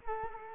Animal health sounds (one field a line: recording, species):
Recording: mosquito wingbeat signal from an infrared sensor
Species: Culex quinquefasciatus